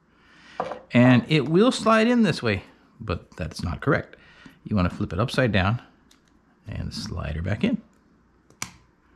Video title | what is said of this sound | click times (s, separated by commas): Replacing batteries on Igaging's 35-128 Digital Indicator, 100-333-8 and 100-333-8b EZcal | and it'll snap into place okay | 8.6 s